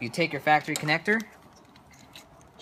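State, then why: Seated. Someone talks as the factory headlight wiring connector is pushed onto the base of a replacement Philips LED headlight bulb on a 2012 Camry. After the talking stops, a short click is heard at 2.2 s, and the connector is seated on the bulb.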